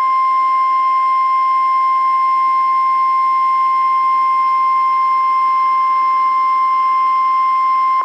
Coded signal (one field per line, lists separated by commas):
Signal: Emergency Alert System (SAME) tones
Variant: 1050 Hz attention tone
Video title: EAS Scenario 4: The Tiktok Data Transfer Conflict